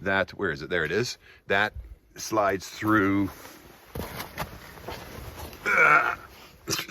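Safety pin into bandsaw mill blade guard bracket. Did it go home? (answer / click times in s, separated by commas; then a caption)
no / none. A metal blade-guard safety pin for a bandsaw mill blade guard bracket is picked up and lined up to slide through its holder while someone talks. Short taps and handling noises sound near 4.0 s and 5.5 s, but the pin has not locked in place yet.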